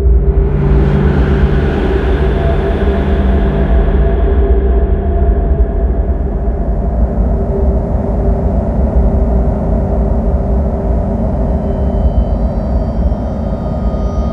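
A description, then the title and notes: A dense, low sci-fi drone rumbles steadily, with a bright hissing layer that fades after about four seconds, leaving a deep, humming tone. Futuristic ambiences, transitions, sequences, SFX, drones and impacts. Synth textures, transitions and whooshes, intimidating soundscapes, hits and impacts, low and sub drones.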